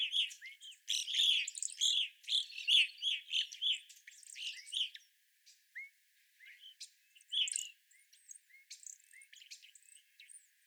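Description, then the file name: Evening grosbeaks chirping rapidly in a busy chorus for about five seconds, then quieter, scattered single calls and soft twitters. Several evening grosbeaks recorded on 25 April 2021. "2021-04-25 Evening Grosbeaks"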